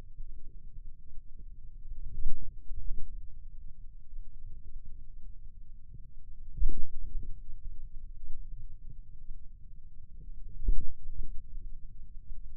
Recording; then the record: forearm muscle sounds (acoustic myography)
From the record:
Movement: ulnar deviation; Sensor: system 2, bracelet of six BSWA MPA416 microphones around the upper forearm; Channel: 2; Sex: male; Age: 22 years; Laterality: right